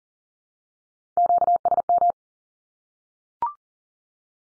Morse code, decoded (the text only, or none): QSM